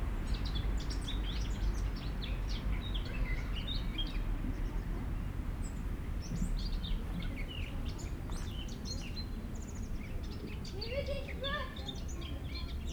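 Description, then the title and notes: Warbler song: brisk, high twittering phrases and quick chirps repeated throughout, over a constant low hum of background noise. Sung in trees of a city garden in Grenoble, France, in September. "12 Rue des Dauphins, Grenoble, France - Fauvette de septembre. Dans les arbres du Jardin des Plantes, une fauvette chante"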